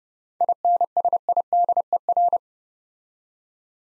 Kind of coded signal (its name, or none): Morse code